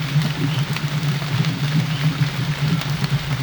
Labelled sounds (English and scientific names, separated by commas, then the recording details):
none
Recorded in dense forest near Puerto Asís, Putumayo, Colombia, on 22 December 2024 at 18:00
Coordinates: 0.484, -76.317
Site G026